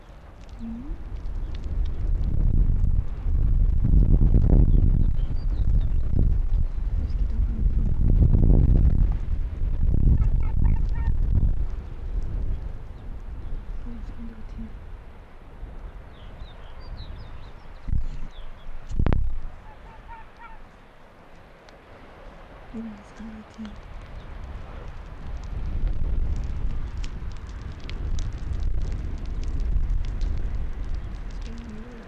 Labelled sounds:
Arctic Fox (Vulpes lagopus)

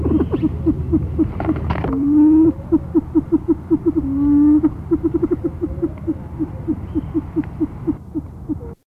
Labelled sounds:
Silver Pheasant (Lophura nycthemera) call

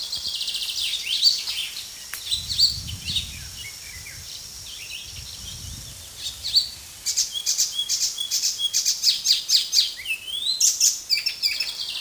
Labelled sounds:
Icterine Warbler (Hippolais icterina) song

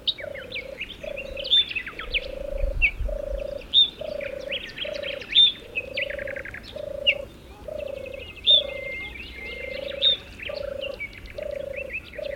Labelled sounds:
Ortolan Bunting (Emberiza hortulana)

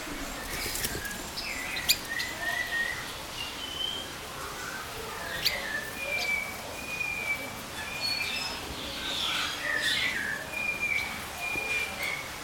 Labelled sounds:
Chestnut-capped Babbler (Timalia pileata)

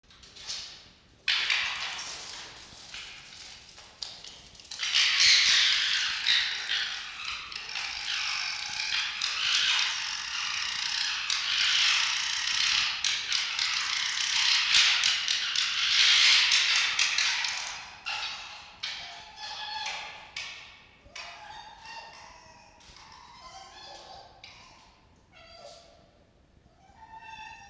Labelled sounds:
Red Fox (Vulpes vulpes)

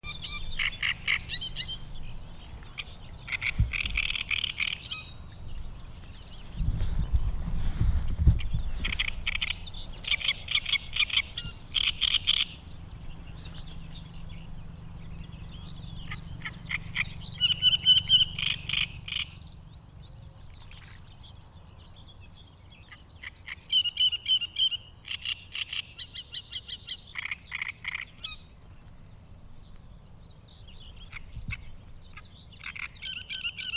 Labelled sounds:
Great Reed Warbler (Acrocephalus arundinaceus) song

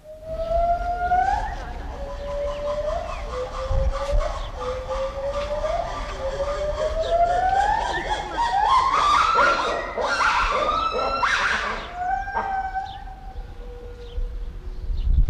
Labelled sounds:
Black-and-white Ruffed Lemur (Varecia variegata)

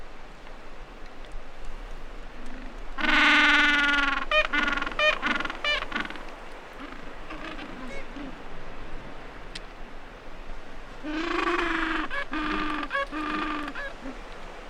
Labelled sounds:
Gentoo Penguin (Pygoscelis papua) call

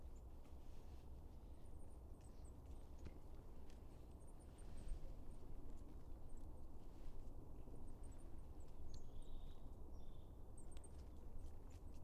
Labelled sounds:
Goldcrest (Regulus regulus) call

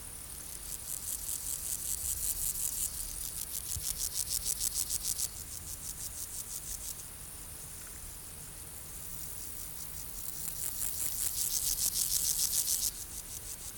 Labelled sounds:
Meadow Grasshopper (Chorthippus parallelus) stridulation

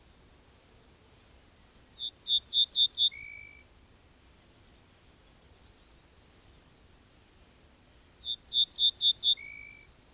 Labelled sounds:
Ortolan Bunting (Emberiza hortulana) song

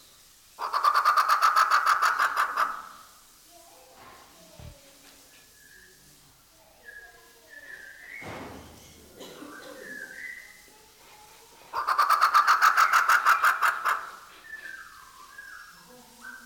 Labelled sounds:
Grey Peacock-Pheasant (Polyplectron bicalcaratum)

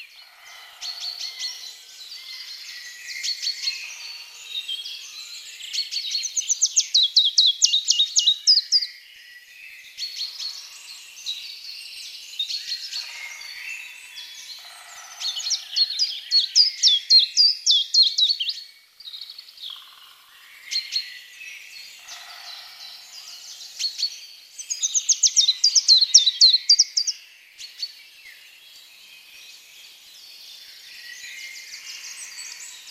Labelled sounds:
Common Chiffchaff (Phylloscopus collybita) song

